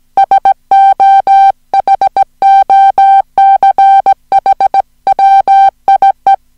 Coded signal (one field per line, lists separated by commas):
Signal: Morse code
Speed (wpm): 17 wpm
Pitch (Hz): 780 Hz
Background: music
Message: SO HOCH WIE